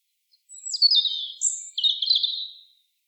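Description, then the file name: European robin singing one sweet, high-pitched phrase that opens with a thin drawn note, then runs into quick liquid twitters and fades out. "Erithacus rubecula"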